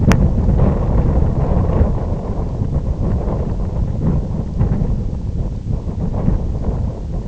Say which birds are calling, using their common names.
none